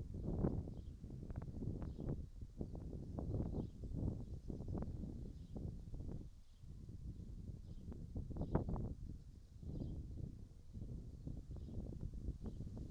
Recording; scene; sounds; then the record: everyday scene through a hearing-aid microphone; wind on the microphone; wind, birds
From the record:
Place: in front of a rural house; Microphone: in the ear canal, right